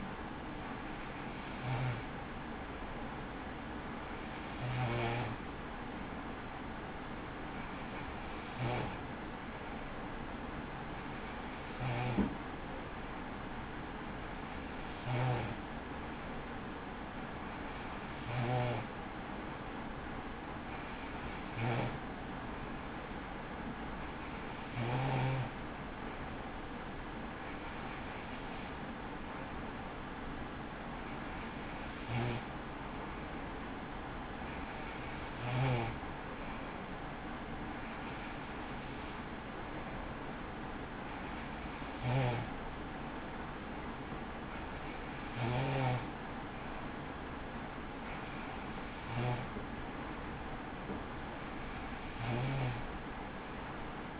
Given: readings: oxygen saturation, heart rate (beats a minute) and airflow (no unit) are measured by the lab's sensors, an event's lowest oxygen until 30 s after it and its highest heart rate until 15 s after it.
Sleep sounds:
breathing in sleep by a voice recorder at the bedside; none
none scored
From the record:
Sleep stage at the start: N3 (deep sleep); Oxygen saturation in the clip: 93 to 94%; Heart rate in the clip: 36 to 63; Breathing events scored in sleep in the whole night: 83 in 6.1 hours asleep

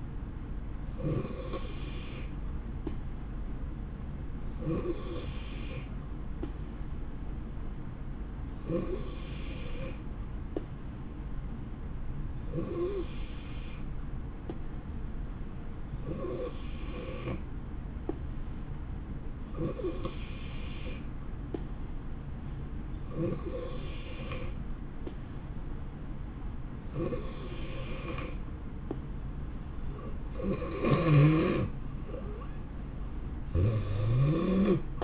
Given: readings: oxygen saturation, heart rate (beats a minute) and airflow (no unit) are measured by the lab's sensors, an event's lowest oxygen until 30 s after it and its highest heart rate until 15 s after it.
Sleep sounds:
breathing in sleep by a smartphone at the bedside; none
none scored
From the record:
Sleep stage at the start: N3 (deep sleep); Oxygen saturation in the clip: 90 to 92%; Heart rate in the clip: 64 to 73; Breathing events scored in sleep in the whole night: 160 in 9.3 hours asleep

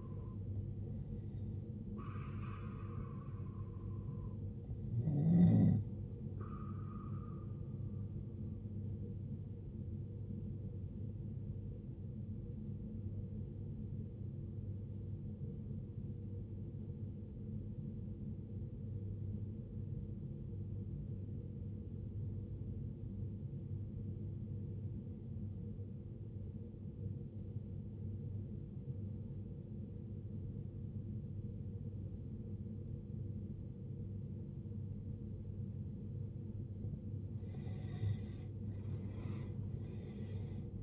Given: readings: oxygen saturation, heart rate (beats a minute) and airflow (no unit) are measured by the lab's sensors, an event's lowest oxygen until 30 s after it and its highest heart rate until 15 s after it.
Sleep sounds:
breathing in sleep by a smartphone at the bedside; 1
16.00-36.70 s: obstructive apnea (N2, oxygen 95% highest, then 81% lowest, heart rate 62 at the start, 79 highest)
39.00-40.83 s: new sleep stage, N1 (lightest sleep)
From the record:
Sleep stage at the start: N2 (light sleep); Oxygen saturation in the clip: 84 to 95%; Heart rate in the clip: 59 to 74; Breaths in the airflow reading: 3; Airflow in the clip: -17.4 to 17.9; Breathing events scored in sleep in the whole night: 389 in 6.3 hours asleep

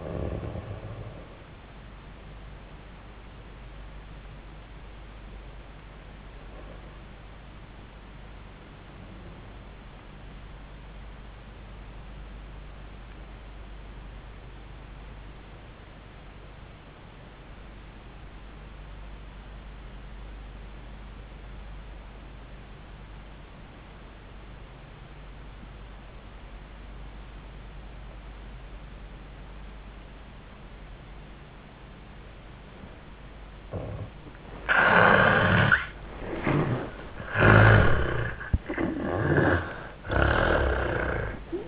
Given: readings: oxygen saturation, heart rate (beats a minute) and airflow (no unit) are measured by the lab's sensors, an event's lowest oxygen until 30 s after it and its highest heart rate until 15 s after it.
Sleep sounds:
breathing in sleep by a voice recorder at the bedside; 1
9.00-34.20 s: obstructive apnea (N1, oxygen 98% highest, then 72% lowest, heart rate 83 at the start, 91 highest)
From the record:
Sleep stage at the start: N1 (lightest sleep); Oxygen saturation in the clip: 76 to 98%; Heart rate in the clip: 70 to 91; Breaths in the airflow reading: 4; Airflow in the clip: -11.6 to 6.8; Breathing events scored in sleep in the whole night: 400 in 8.7 hours asleep

